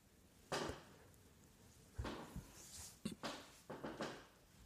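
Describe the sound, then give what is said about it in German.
A chair creaks and knocks in a handful of irregular, scraping bursts, one early and a cluster later, with brief silent gaps between and no voices. “Das ist blöd, wir haben keine Stummschaltetasten und mein Stuhl knarzt.”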